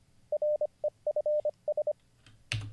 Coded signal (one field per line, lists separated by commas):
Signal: Morse code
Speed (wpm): 24 wpm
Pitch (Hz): 600 Hz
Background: none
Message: REFS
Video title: How to Learn Morse Code (Day 41) [Livestream]